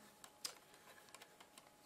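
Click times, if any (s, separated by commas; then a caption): 0.4 s. The second side latch of a battery pack is pressed into the body of a SimToo Moment II GPS drone. A soft tick at 0.2 s is followed by the strongest click at 0.5 s, then several fainter ticks through 1.6 s. The click is not very clear, but the battery is judged to have latched and seated well.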